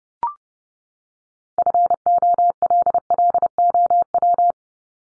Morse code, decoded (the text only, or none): FOLLOW